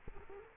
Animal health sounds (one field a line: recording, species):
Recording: mosquito wingbeat signal from an infrared sensor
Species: Culex quinquefasciatus